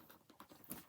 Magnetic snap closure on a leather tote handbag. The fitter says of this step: I hear that snap the magnet it's really really good so it always snaps back